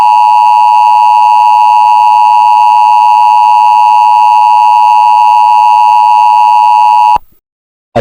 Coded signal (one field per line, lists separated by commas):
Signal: Emergency Alert System (SAME) tones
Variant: 853 and 960 Hz attention tone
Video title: Emergency Alert System - Diamond Attack Warning